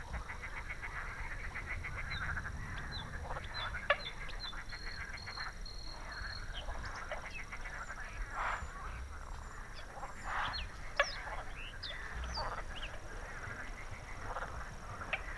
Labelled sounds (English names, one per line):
Bluethroat song